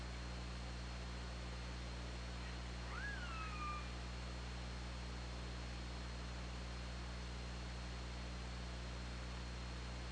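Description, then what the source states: Killer whale gives a single harmonic call that drops sharply then levels out, lasting under a second, heard over steady underwater noise and a low hum. Recorded on an OrcaLab hydrophone, 24 August 2017.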